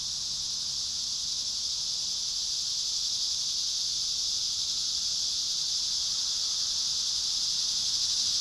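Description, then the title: Continuous high cicada drone, steady and sizzling, gradually growing a little louder across the stretch. Cicadas at Trinity. "neoscenes: cicadas at Trinity"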